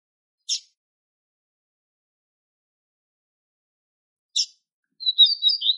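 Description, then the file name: Double-collared seedeater with two isolated high chips a few seconds apart, then the start of a fast twittering song phrase cut off at the end. Male singing. "canto da coleirinha macho"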